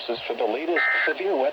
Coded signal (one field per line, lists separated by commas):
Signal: Emergency Alert System (SAME) tones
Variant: end-of-message bursts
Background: speech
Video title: 2 Tornado Watches (EAS #471 - #472)